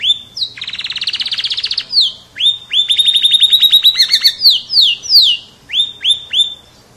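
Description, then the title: Canary song: a long buzzy trill, then rapid rising sweeps and bright descending whistled notes, varied phrases following each other quickly with only brief pauses. Champion singing canary. "Kicau Burung Kenari Juara"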